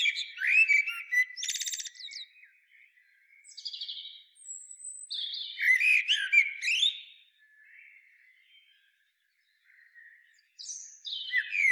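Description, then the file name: Common blackbird song: several low fluty warbled phrases, each ending in high squeaky twittering, with short pauses between them and a final phrase starting after a longer gap. "Turdus merula"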